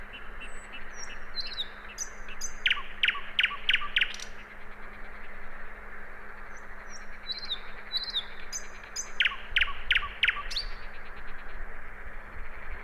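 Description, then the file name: Common nightingale song: high whistles leading into a fast run of loud repeated notes, a pause, then another whistle-and-note series. "Luscinia megarhynchos"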